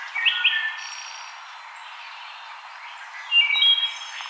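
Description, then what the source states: Wood thrush song, a short fluted phrase at the start and another with a high tinkling trill near the end, separated by a quiet gap. Recorded 5 May 2007.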